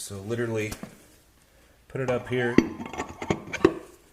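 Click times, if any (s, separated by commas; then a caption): 3.6 s. Someone talks while a steel torque converter (stall converter) for a Trans Am, Firebird WS6 or Camaro SS is rotated and pushed onto the automatic transmission input shaft, with metallic scraping and tapping. At 3.7 s a sharp click marks the first of three spline sets engaging, so the converter is only partly seated.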